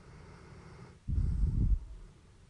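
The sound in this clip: Dog snoring, one low, rough, rumbling snore lasting under a second, framed by quieter breathing noise.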